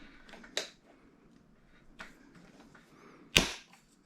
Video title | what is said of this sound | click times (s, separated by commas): NIU KQi Air Unboxing and Detailed Overview | push this up clicks | 0.6 s